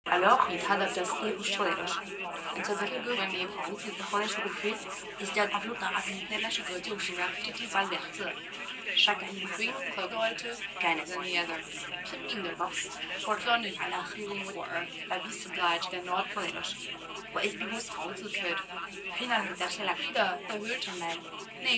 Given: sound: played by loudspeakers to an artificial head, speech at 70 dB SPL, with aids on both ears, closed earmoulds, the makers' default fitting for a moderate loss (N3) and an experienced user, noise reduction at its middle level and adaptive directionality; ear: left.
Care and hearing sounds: speech test signal (ISTS) in cocktail-party noise; +3 dB; on the right (90 degrees)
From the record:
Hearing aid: class 2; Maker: E

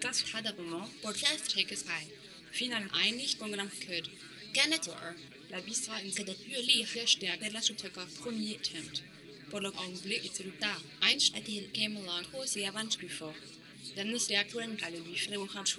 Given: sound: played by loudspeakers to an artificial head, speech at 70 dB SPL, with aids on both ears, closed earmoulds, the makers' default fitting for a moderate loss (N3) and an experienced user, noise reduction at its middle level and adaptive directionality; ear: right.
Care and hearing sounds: speech test signal (ISTS) in cocktail-party noise; +6 dB; on the right (90 degrees)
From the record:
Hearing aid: class 2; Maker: J

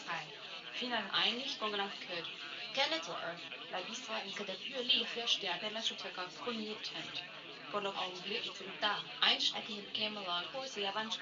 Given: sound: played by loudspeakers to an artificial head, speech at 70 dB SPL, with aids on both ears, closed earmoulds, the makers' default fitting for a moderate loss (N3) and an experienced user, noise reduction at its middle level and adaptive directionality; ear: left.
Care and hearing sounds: speech test signal (ISTS) in cocktail-party noise; +9 dB; on the right (90 degrees)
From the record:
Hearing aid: class 1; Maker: G

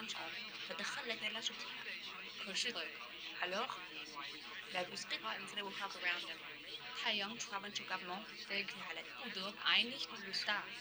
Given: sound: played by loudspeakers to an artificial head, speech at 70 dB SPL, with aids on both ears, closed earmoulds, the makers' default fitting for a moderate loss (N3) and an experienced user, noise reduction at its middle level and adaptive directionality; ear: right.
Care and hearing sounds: speech test signal (ISTS) in cocktail-party noise; 0 dB; on the right (90 degrees)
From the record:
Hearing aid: class 2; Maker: F

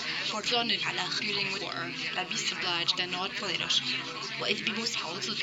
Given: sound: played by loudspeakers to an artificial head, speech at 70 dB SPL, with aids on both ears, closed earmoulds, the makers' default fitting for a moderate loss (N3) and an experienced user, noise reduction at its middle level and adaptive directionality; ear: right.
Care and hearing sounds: speech test signal (ISTS) in cocktail-party noise; 0 dB; on the right (90 degrees)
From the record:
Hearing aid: class 1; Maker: A

